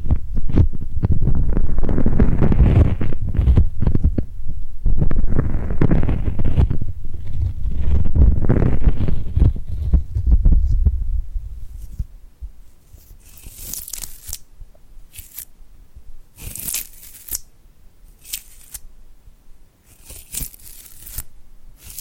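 Sticky glued hands peel and press together, making dense, low, rumbling tearing sounds with slow rising swells for the first twelve seconds. After that it turns quieter, with sparse, bright crackles and crisp snaps arriving in short bursts every second or two.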